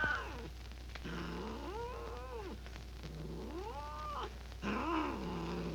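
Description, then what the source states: Cat making low, moaning yowls, a few arched tonal calls separated by short gaps, ending with a harsher louder cry. Described as growling.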